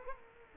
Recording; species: mosquito wingbeat signal from an infrared sensor; Culex quinquefasciatus